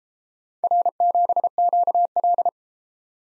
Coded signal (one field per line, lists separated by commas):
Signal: Morse code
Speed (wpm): 33 wpm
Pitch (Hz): 700 Hz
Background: none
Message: R7QL